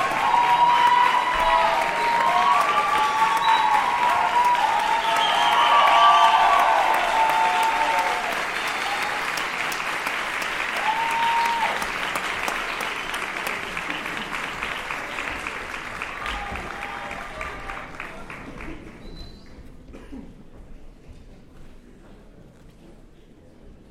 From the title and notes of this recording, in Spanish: Aplausos. Grabada, mezclada y producida por Juan Gabriel Betancourt.